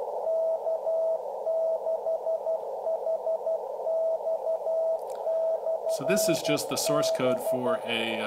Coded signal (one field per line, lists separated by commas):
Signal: Morse code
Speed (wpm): 12 wpm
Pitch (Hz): 650 Hz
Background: speech, radio noise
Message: K6HX/B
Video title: A micro-power Arduino Morse radio beacon